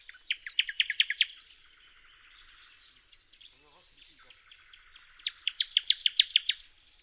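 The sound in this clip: Newtonia song: a quick series of high, sharp repeated notes, then a quieter stretch with a faint soft call and high hiss, before another fast run of notes.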